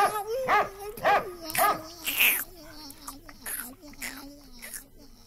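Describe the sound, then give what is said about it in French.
A person imitates a dog barking: four sharp, fairly loud woofs in quick succession, followed by a lower, drawn-out voiced tone with a few fainter yips trailing off. “En effet, si un bébé de 11 mois ou un caniche pouvait saisir les finesses du langage articulé, nul ne parviendrait à empêcher le cinéaste d'enseigner à l'un comment on aboie et à l'autre comment on tète.”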